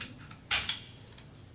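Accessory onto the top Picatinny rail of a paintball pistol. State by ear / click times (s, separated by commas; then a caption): seated / 0.7 s. A loader accessory is slid onto the top Picatinny rail of a BT SA-17 paintball pistol, making a loud broadband sliding scrape at about 0.5 s followed by a sharp click at 0.7 s. Faint small ticks trail off afterward as the accessory locks firmly in place on the rail.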